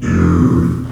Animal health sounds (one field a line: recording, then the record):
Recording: squeal of a Yucatan mini pig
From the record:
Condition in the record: after surgery on the right vocal fold (resection and tissue-engineered implant)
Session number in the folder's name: 12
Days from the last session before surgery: 105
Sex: female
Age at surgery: 19 weeks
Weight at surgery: 25 kg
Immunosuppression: prednisolone